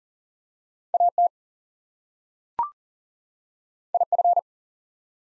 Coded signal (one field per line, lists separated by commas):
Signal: Morse code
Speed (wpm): 39 wpm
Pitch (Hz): 700 Hz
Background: none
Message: AT IF